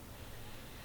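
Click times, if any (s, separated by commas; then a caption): none. A small metal cap is pushed onto the axle end of a wheel on a die-cast Hot Wheels Whip Creamer Redline toy car, with a tool braced behind the wheel for resistance. Only steady broadband hiss with a faint low hum is heard, with no distinct click or pop. Nothing has seated or clicked yet.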